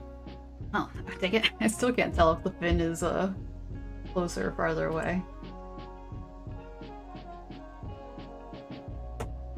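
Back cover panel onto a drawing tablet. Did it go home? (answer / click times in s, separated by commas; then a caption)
yes / 9.2 s. Over quiet background music, someone talks, then the loose back cover panel of a drawing tablet, which keeps coming off, is pushed back onto the tablet. It clicks into place with a sharp snap at 9.2 s.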